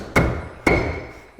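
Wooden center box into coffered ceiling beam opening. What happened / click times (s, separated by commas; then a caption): The wooden box thudded home into a pressure fit / 0.7 s. A preassembled wooden center box for a coffered ceiling, cut half a degree out of plumb, is pushed up between the beams. A first dull knock comes near 0.2 s, then a sharper, louder thud at 0.7 s as it snaps into place, with a ringing tail that fades over the next half second. The box is seated in a pressure fit and holds on its own without hands.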